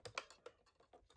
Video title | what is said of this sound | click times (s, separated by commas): Sonic the Hedgehog Death Egg Playset Toy Unboxing | snaps right into place | 0.2 s